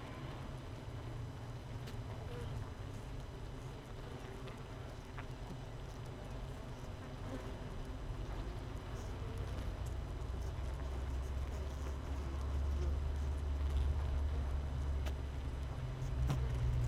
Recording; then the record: honeybee colony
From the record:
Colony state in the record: missing queen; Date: 31 May 2018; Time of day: 6:34